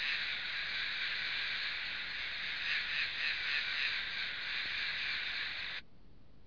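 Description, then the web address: Insects make an unbroken drone that stops abruptly just before the end, leaving near silence. "昆虫声音素材"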